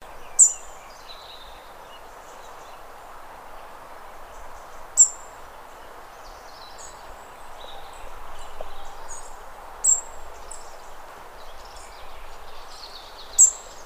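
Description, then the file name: European robin giving sharp, very high notes, four of them a few seconds apart, with fainter thin notes between and a quiet hiss behind. "Erithacus rubecula"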